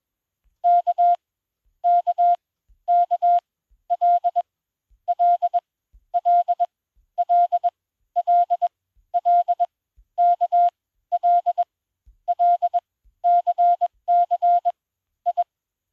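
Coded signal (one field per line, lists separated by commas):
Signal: Morse code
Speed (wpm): 21 wpm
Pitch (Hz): 700 Hz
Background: none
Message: KKKLLLLLLKLLCCI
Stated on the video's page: 20 WPM Morse generated by an Android Koch-method trainer app for smartphones and tablets.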